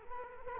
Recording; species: mosquito wingbeat signal from an infrared sensor; Culex quinquefasciatus